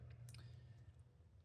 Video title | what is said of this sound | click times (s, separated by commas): Replacing the Bushtec trailer wire connector | Clicks right in. | 0.3 s